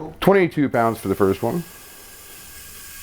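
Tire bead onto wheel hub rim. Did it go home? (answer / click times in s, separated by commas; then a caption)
no / none. Someone talks while a Onewheel tire is inflated on its wheel hub rim, then a steady hiss continues as inflation goes on. Nothing has seated yet: the second tire bead has not popped onto the rim by the end of the clip.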